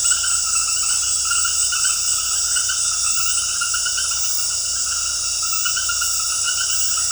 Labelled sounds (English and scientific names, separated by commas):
none